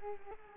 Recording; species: mosquito wingbeat signal from an infrared sensor; Culex quinquefasciatus